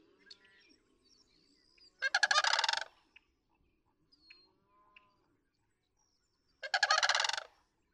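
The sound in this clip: Sandhill crane giving two rolling, trilled calls about four and a half seconds apart, with faint scattered bird notes in between.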